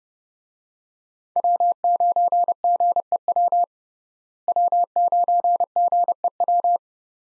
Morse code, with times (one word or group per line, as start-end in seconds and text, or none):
1.4-3.6 W9GEW
4.5-6.8 W9GEW